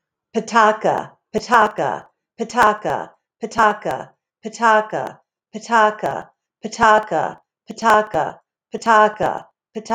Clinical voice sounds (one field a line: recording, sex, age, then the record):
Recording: repeated syllables /pa ta ka/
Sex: female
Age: 50 to 59 years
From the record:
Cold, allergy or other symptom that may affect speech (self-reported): no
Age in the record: 55 years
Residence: Delaware, United States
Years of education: 16